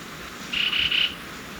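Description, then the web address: Bronze-green euphonia giving a short buzzy call of three quick joined notes at a steady high pitch over faint background hiss. Recorded in Ecuador. "Natures Songs S America Birds of Ecuador. Bronze-Green Euphonia"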